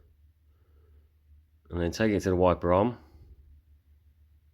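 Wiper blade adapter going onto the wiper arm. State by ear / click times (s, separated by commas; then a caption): not seated / none. A Bosch Aerotwin wiper blade with its plastic adapter clip is carried to the metal wiper arm and lined up, tilted to get the tab into the clip. Someone talks briefly from about 1.7 to 2.9 seconds over a low steady hum. Nothing has been pushed home or clicked yet.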